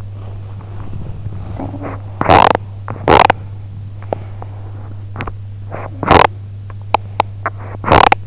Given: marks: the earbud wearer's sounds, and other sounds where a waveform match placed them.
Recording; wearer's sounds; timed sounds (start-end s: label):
sounds in sleep by an in-ear microphone; body movement, talking in sleep, teeth grinding
0.03-1.25 s: body movement
1.52-2.07 s: talking in sleep
2.16-2.69 s: teeth grinding
2.82-3.41 s: teeth grinding
3.98-4.52 s: teeth grinding
4.01-4.28 s: sound from someone else or the room
5.05-6.41 s: teeth grinding
6.65-8.21 s: teeth grinding